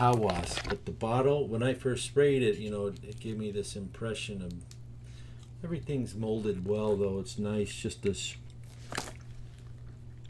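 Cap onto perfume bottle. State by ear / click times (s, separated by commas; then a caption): seated / 9.0 s. Someone talks while fitting a molded cap onto a fragrance bottle, and a sharp click sounds at 9.0 s as the cap locks in place. The cap is then held secure and cannot be dropped off.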